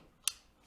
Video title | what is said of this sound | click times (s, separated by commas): GMCe EV Conversion First Wheel Spin Part II of II | okay snaps right in | 0.3 s